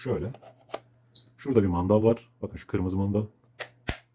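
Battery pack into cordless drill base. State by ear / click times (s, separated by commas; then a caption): seated / 3.6 s, 3.9 s. A battery pack is slid along the rails of a Snaiker 58V 8Ah cordless drill base until the red latch catches. Someone talks, then two sharp clicks at 3.6 s and 3.9 s mark the pack seating and locking into place.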